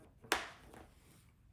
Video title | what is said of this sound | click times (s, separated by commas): Shoei X15 Cheek Pads - Fitment, Install, Construction | and you have an audible click | 0.3 s